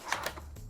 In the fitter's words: like it clicks enough but it doesn't lock in place because this segment here